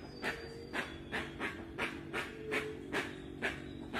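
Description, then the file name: Rusty-margined guan producing quieter rhythmic rasping pulses, roughly two to three per second, with a thin high whistle faintly audible behind them. Song (canto). "Canto da jacupemba"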